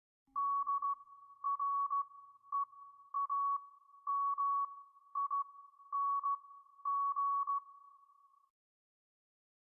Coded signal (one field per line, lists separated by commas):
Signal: Morse code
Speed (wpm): 16 wpm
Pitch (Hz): 1120 Hz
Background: none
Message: D R E A M I N G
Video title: TXT 투모로우바이투게더 [Morse Code]